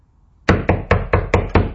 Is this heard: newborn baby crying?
no